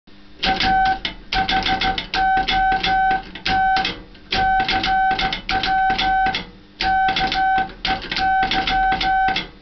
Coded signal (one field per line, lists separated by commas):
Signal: Morse code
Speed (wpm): 16 wpm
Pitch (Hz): 760 Hz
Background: music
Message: A HOT CW KEY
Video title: OH6DC Toaster CW key